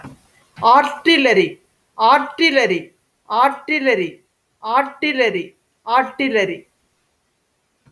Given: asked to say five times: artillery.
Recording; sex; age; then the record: repeated word; female; 40 to 49 years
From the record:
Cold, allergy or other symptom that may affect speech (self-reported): no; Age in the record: 42 years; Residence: Indiana, United States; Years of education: 16